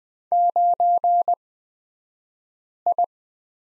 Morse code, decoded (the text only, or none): 9I